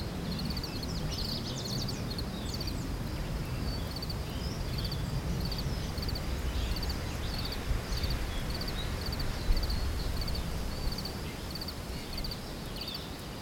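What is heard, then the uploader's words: An afternoon lakeside scene, with a steady low rumble of wind or traffic filling the bottom throughout. High, bright chirps, probably birds or insects, repeat in quick regular bursts across the whole thirteen seconds, with a few louder calls near the middle. Ext Lake, Afternoon by Bandeto.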